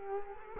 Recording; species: mosquito wingbeat signal from an infrared sensor; Culex quinquefasciatus